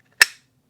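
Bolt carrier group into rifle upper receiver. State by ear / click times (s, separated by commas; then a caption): seated / 0.2 s. A bolt carrier group is slid fully forward into a rifle's metal upper receiver and gives a single sharp, bright metallic click at 0.2 s that fades within about 0.2 s into silence. The click means the bolt carrier group is correctly seated in the upper receiver.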